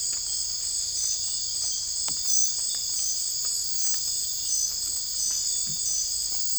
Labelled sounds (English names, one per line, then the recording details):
none
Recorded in secondary vegetation near Puerto Asís, Putumayo, Colombia, on 20 December 2024 at 00:30
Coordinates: 0.484, -76.319
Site GP06